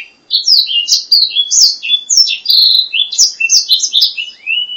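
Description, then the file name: Black-throated laughingthrush singing a continuous varied phrase of loud whistled notes and warbles, ending on a drawn-out rising whistle. "suara kicauan burung blacksang. omkicau"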